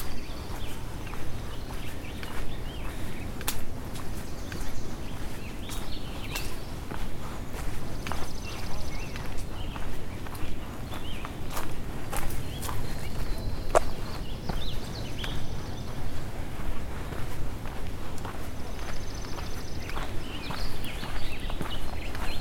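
Footsteps crunch along a path at a steady walking pace through the whole stretch, over a constant low rumble of outdoor air. Birds chirp high and thin now and then, most around the middle and near the end.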